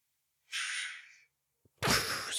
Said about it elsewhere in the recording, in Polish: Moje chrapanie. Obudziło mnie moje chrapanie. Włączyłam nagrywarkę i to było dla mnie najbardziej fascynujące. Zasnęłam w ciągu 30 sekund.